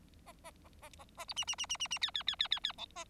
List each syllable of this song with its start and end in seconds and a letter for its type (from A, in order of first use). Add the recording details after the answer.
0.26-0.32 A, 0.44-0.51 A, 0.65-0.68 A, 0.82-0.89 A, 0.99-1.04 A, 1.17-1.25 A, 1.28-1.33 B, 1.36-1.45 C, 1.47-1.55 C, 1.58-1.66 C, 1.69-1.77 C, 1.79-1.87 C, 1.90-1.98 C, 2.01-2.11 D, 2.14-2.23 D, 2.27-2.35 D, 2.39-2.48 D, 2.51-2.59 D, 2.63-2.72 D, 2.78-2.85 E, 2.95-3.04 A. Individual Bird4